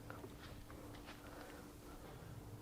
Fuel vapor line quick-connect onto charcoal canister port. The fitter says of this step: all right slide it on until it clicks go